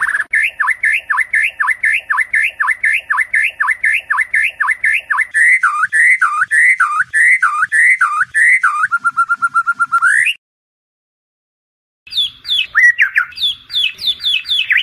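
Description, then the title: White-rumped shama song, a rapid repeated swooping whistled phrase for several seconds, shifting to a buzzy rattle, then silence and a burst of varied high notes. Recording used for training cage birds. "MURAI BATU LABAIK"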